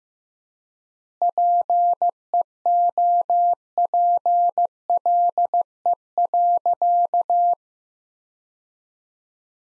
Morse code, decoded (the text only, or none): PEOPLE.